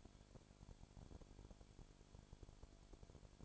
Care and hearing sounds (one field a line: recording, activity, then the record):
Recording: daily activity, microphone in the room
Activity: no activity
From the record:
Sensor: 5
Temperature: 20.1 degrees Celsius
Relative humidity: 36.5%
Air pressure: 1001.1 hPa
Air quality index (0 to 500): 176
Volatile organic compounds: 4 ppm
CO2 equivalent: 1602 ppm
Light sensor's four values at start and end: 2/3/1/1 and 2/3/1/1